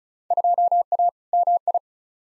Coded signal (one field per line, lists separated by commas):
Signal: Morse code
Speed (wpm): 34 wpm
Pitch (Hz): 700 Hz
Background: none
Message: 2A MI